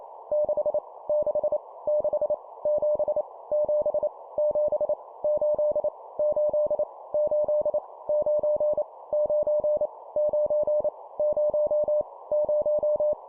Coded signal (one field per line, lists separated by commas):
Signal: Morse code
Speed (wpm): 28 wpm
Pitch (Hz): 600 Hz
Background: none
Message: 6 6 6 7 7 7 8 8 8 9 9 9 0 0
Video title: 25wpm Repeat three times Number, CW morse code Copy Speed improvement